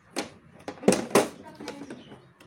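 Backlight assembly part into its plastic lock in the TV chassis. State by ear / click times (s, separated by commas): seated / 1.2 s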